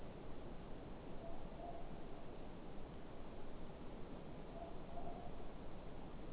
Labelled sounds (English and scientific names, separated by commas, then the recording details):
Morepork (Ninox novaeseelandiae) more-pork call
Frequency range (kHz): Morepork (Ninox novaeseelandiae) 0.6-0.8 kHz
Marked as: faintness 4/5
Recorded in New Zealand
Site Eglinton